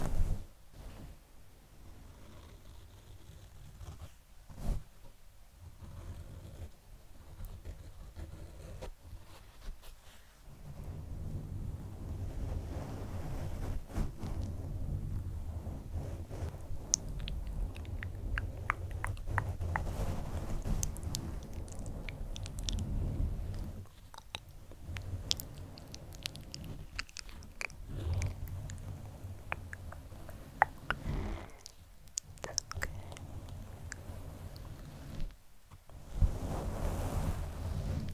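Soft, fluffy microphone cover being touched, scratched and plucked, making a low, muffled rumbling rustle that runs almost continuously. Brief sharper scratches and plucks break through often, with short quiet gaps near 5, 10, 27 and 35 seconds.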